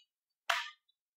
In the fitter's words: just like that, and you'll hear a snap.